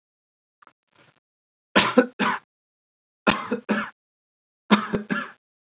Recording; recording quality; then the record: heavy voluntary cough; excellent, no background noise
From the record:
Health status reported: COVID-19 positive, mild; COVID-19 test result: positive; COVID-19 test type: RT-PCR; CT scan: not taken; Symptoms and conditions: cold, sore throat, fever, hypertension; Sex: male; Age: 24 years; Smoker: no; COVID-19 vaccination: both doses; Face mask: not worn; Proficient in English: yes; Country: India